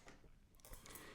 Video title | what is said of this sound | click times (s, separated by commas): How To Clean iRobot Roomba i6 Vacuum Cleaner | and then once it's clicked into place i'm just going to take my cloth dry cloth and i'm just going to wipe | 0.7 s, 0.9 s